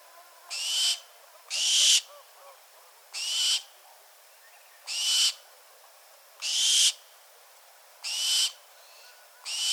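Bird uttering breathy, hissing screeches, seven short bursts spaced a second or two apart.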